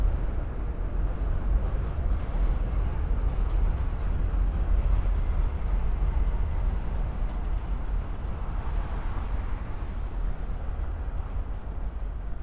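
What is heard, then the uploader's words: A binaural field recording filled with a steady, dense rumble, heavy in the low end, like passing vehicle or traffic noise. The wash stays even in loudness throughout, with a slightly brighter swell around eight to nine seconds before settling back. A 17 minute binaural field recording, starting on the 7 train in the morning heading towards Main Street-Flushing.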